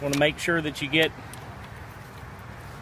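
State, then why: Not seated. Someone talks briefly while handling the end of a telescopic pool pole, which has two holes, at a pool vacuum head's bracket with two spring clips. After the talking stops at about 1.1 s, only low, steady background noise remains. Nothing has seated or clicked yet.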